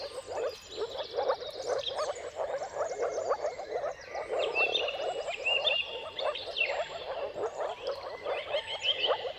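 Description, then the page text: Moor frogs give a gently swelling chorus of short, hollow low notes, accompanied by busy, high bird song with trills and whistles. Moor frogs' mating calls in a chorus at sunrise, at the turn of March and April, timing depending on the weather. "Jakub-Orzecki moor frogs. Dawn’s Chorus: Mating Calls of Marsh Frogs at Sunrise. Depending on the weather at the turn of March and April, you can witness an amazing spectacle of moor frogs"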